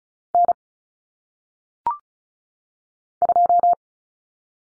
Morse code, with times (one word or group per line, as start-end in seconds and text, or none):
0.3-0.5 N
3.2-3.7 2